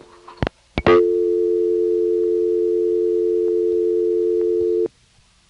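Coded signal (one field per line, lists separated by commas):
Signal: telephone call progress tone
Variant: North America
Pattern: dial tone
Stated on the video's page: Step-by-step switching office tones in Harrisonburg, Virginia, recorded in August 1976 on a phone trip.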